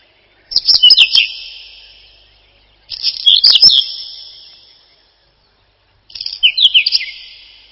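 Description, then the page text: Whinchat song: three brisk phrases of crackly chirps and descending whistles, each followed by a long fading echo, about every two to three seconds. Song described as a short twittering trill. "Луговой чекан — Saxicola rubetra"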